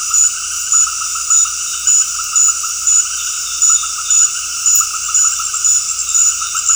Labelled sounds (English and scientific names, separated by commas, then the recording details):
none
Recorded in dense forest near Puerto Asís, Putumayo, Colombia, on 19 February 2024 at 19:30
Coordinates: 0.485, -76.318
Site G6408